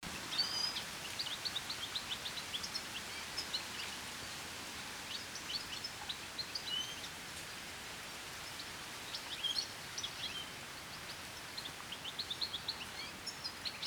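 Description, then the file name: European goldfinch calls in scattered bursts of bright, tinkling twitters throughout, with a steady hiss underneath. "Carduelis carduelis"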